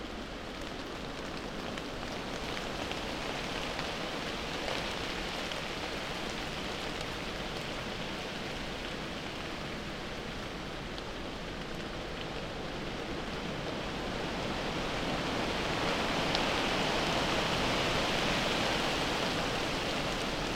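Rain falls steadily onto wide, waxy leaves, a dense, even hiss of countless small drops with no pauses. A few slightly sharper drips stand out now and then. Around the fifteen-second mark the shower swells a little louder and brighter, then holds.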